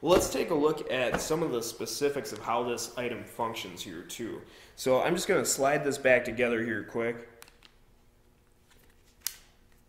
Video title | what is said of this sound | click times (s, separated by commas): Yellow Jacket Case - Unboxing, Features and Discussion on Use! | And you actually hear an audible pop. You actually hear it clicking | 9.3 s